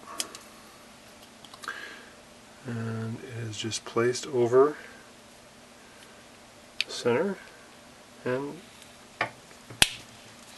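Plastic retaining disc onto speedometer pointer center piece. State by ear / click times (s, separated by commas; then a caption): seated / 9.8 s. A replacement plastic retaining disc is placed over the center piece of the speedometer pointer from a 1939–47 Dodge truck and pressed down. Someone talks, with faint handling ticks, until the disc pops into place with a sharp snap at 9.8 s, seating it on the center piece.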